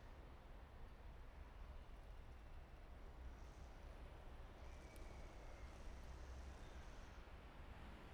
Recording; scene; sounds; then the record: everyday scene through a hearing-aid microphone; in traffic; traffic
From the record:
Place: main city hub, rush hour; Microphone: behind the ear, right, rear